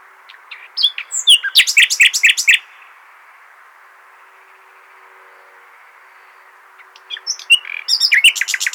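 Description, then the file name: Common nightingale song: two rich phrases of rapid repeated and varied notes, divided by a long silence of about four seconds. "Luscinia megarhynchos"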